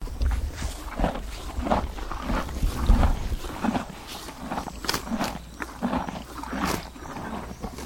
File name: ANIMAL HORSE EATING